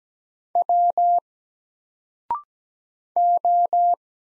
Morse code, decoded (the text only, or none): W O